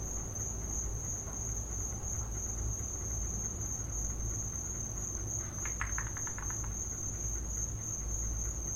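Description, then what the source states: High, continuous cricket chorus with a short run of rapid clicking taps around the sixth second, above steady low background rumble. Crickets in the recordist's back yard, captured as a home field recording.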